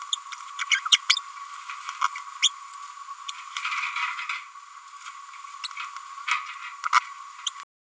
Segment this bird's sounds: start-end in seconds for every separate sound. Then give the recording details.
0.12-0.16, 0.70-0.80, 0.92-0.98, 1.09-1.15, 2.04-2.08, 2.42-2.50, 3.28-3.31, 5.63-5.67, 6.85-6.88, 6.93-7.00, 7.46-7.50. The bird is a female. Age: 31 days. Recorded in a nest box in Venezuela. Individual 17B102A6